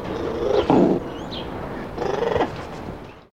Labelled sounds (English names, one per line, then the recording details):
Black-and-white Ruffed Lemur
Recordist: Tembrock, Günter
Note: Rufe eines Einzeltieres